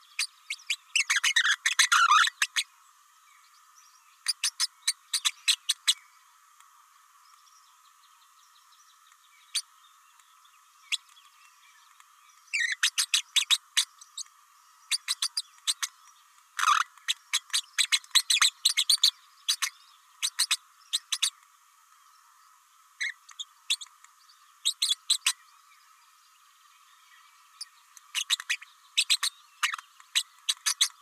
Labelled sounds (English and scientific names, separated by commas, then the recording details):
Green-rumped Parrotlet (Forpus passerinus) babbling
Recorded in a nest box in Venezuela
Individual 18B104A5